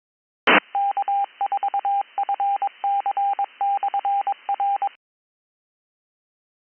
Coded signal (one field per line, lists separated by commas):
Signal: Morse code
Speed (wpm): 22 wpm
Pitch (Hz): 800 Hz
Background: none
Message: K4FC/R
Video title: East Coast Reflector Trivia Net 145 2026 03 29 010043